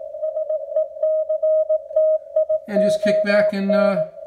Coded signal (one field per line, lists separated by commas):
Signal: Morse code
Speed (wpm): 17 wpm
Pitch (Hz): 630 Hz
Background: speech, radio noise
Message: SECTION